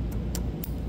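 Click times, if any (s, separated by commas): 0.4 s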